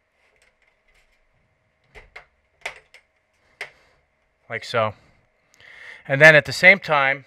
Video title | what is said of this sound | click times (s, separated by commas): Disassemble of the XBOX ONE - Foreign object in Blu Ray player | push down on this portion here and lift up on here and then you'll hear it snap like | 2.2 s, 2.7 s, 3.6 s